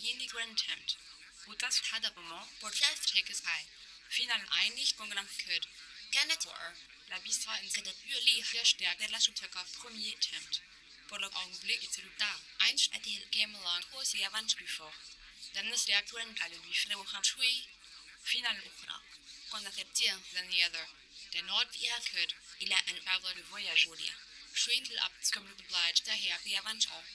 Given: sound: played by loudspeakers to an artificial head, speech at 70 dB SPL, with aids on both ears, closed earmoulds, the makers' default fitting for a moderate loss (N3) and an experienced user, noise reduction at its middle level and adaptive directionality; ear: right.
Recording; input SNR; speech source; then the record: speech test signal (ISTS) in cocktail-party noise; +9 dB; on the right (90 degrees)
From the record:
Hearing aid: class 2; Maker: H